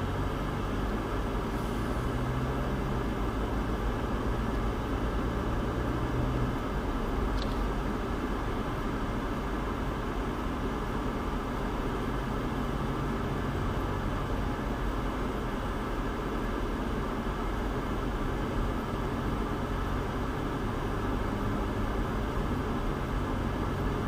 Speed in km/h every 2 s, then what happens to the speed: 15, 21, 26, 27, 21, 21, 23, 23, 23, 23, 26, 27.
0-5 speeds up to 27. 8-18 steady at about 23.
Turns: none.